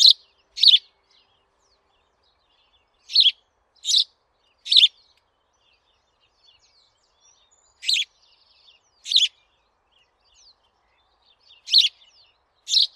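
House sparrow chirping: short, bright, harsh chirps given singly or in quick pairs at irregular intervals, about nine notes over the stretch, with quiet pauses between.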